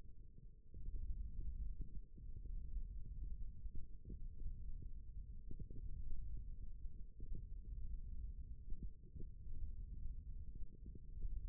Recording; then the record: forearm muscle sounds (acoustic myography)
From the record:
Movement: thumb flexion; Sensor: system 1, eight BSWA MPA416 microphones around the upper forearm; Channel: 4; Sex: male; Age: 18 years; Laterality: right